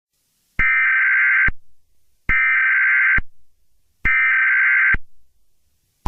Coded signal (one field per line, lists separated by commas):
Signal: Emergency Alert System (SAME) tones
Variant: header bursts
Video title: EAS Scenario 11: Monsters Inc.